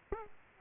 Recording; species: mosquito wingbeat signal from an infrared sensor; Aedes aegypti